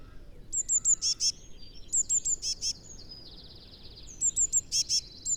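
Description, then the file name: Eurasian blue tit giving three phrases of high piping notes, each ending in harsh, buzzy notes, against soft background hiss. "Cyanistes caeruleus"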